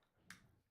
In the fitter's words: it clips in now i've had heat blankets where if you get caught they just